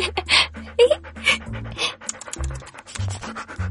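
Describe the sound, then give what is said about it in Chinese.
A dog pants rapidly in quick, breathy bursts, its rhythmic huffing steady and fairly loud, with a few low thumps mixed in and no talking. “哎，哪来的狗啊，这么可爱。”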